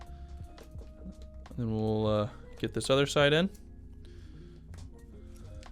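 Someone talks over background music while handling the second side of a replacement headband cushion, lining it up to press into the plastic headband frame of Beats Studio 3 Wireless headphones, with a few faint taps of handling. The clip ends before the part goes home; nothing has seated or clicked yet.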